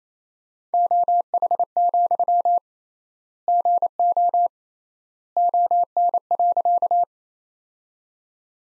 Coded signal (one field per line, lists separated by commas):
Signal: Morse code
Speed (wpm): 28 wpm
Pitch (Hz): 700 Hz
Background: none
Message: OH, GO ON.